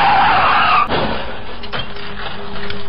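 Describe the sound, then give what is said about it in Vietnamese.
A motorbike's tires skid with a loud, harsh screech for almost a second as both brakes are squeezed hard, then cut off abruptly, leaving a rough, grinding vehicle rumble that continues steadily with faint scraping tones. “Tôi lúc này hoảng loạn thật sự, sự sợ hãi lên đến tột độ và theo phản xạ tôi bóp chết hai phanh của xe.”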